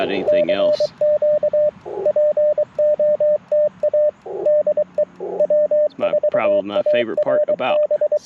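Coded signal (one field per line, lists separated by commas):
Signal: Morse code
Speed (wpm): 23 wpm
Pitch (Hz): 600 Hz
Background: speech, radio noise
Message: CQ POTA DE W4ARB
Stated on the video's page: Live QRP CW Parks on the Air activation in a national forest, sent with paddles on an Icom IC-705 into a vertical antenna.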